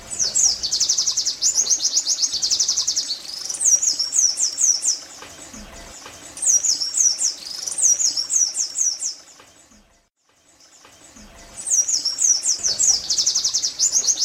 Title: pleci tembakan zipper pas buat masteran pleci ombyokan